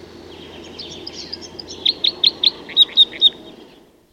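Crossbill calls: soft twittering at first, then a run of seven sharp, loud 'kip' notes, then fading out at the end.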